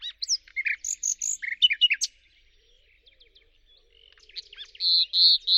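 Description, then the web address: Bird singing: a run of sharp chirps for about two seconds, a quieter twittering stretch, then loud, high notes repeated. "Deverinetal 2025. Bird Only"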